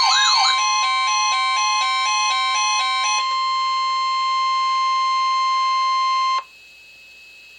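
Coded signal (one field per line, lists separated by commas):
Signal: Emergency Alert System (SAME) tones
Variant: 1050 Hz attention tone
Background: music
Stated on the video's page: Real alert from NOAA Weather Radio transmitter WXK24 Odell.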